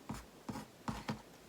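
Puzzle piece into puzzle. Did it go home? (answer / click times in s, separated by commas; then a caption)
no / none. Someone tries to fit a small cardboard jigsaw puzzle piece into a puzzle during a relaxing pastime, making four soft taps at about 0.1, 0.5, 0.9 and 1.1 seconds. The piece does not lock in anywhere, and nothing has seated or clicked yet.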